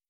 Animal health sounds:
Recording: hydrophone in a shrimp aquaculture tank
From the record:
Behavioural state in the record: starved

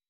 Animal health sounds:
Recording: hydrophone in a shrimp aquaculture tank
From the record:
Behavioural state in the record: weakened

